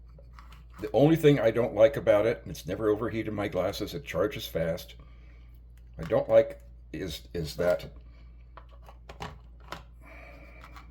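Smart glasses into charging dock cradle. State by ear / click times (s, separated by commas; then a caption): seated / 9.2 s, 9.7 s. Someone talks while Ray-Ban Meta smart glasses are pressed into a REIKIYA plastic charging dock cradle. After the talking, sharp clicks at 9.2 s and 9.7 s mark the glasses clicking into place in the cradle.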